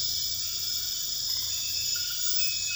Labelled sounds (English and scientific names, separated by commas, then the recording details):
none
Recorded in dense forest near Puerto Asís, Putumayo, Colombia, on 12 March 2025 at 23:30
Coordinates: 0.484, -76.325
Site G045